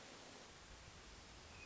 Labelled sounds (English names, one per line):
Hermit Thrush